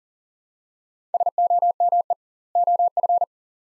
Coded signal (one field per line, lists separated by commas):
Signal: Morse code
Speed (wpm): 40 wpm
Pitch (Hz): 700 Hz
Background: none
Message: SOME OF